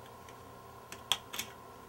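A stuck old memory module is worked loose from the motherboard memory slot during a Mac Mini upgrade. After a faint tick at 0.9 s, it gives a sharp, bright pop at 1.1 s, followed by softer clicks around 1.3–1.4 s over a steady low hum. The module is released and pops free of the slot.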